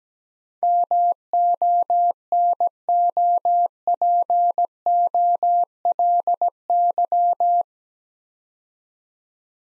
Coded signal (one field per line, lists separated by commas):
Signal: Morse code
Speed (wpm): 17 wpm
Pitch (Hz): 700 Hz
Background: none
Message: MONOPOLY